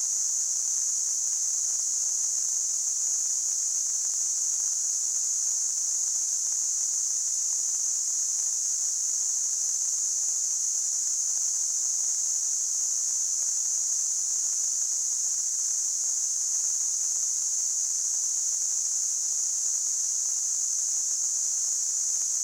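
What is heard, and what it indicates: A steady, high-pitched hissing ring holds unchanged for the full 22 seconds, with no pauses, pulses or other sounds. This is a simulated tinnitus sound, imitating the constant high ringing a person with tinnitus hears.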